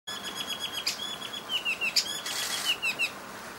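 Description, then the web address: Chinese babax calling with a run of clear, repeated whistled notes that slide slightly downward, over steady background noise. "Babax lanceolatus. صدای-پرنده-باباکس-چینی"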